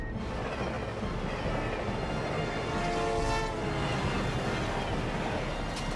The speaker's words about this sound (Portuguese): Deus, há um outro trem vindo na direção contrária.